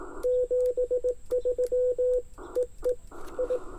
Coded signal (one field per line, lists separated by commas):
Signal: Morse code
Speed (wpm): 19 wpm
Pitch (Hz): 500 Hz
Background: radio noise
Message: 73 EE I